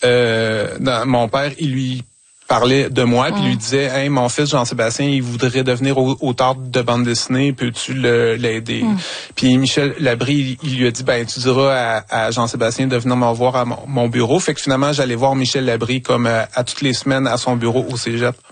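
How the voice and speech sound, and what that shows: A 47-year-old man speaks French with stuttering, heard as prolonged sounds and pauses mid-phrase. He has stuttered all his life, and his stuttering has greatly diminished since age 15.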